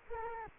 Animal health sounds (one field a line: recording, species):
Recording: mosquito wingbeat signal from an infrared sensor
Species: Culex quinquefasciatus